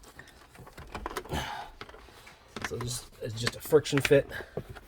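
A plastic trim piece around the middle-row headrest area of a 2013+ Mercedes GL450-63 seat back is handled and pushed in by hand as a friction fit, with short handling taps and rustles while someone talks. Nothing has seated or clicked into place yet.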